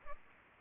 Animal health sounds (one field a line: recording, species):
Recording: mosquito wingbeat signal from an infrared sensor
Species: Culex pipiens